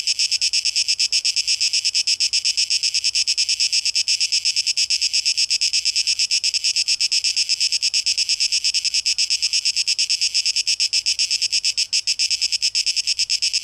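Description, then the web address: Cicadas give a dense, shrill buzz with rapid, tightly packed pulses that merge into an almost continuous drone. Cicadas, tape echo mix, 12 August 2023. "rauschpartikel Audio 2023-08-12 Zikaden"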